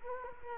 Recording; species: mosquito wingbeat signal from an infrared sensor; Culex quinquefasciatus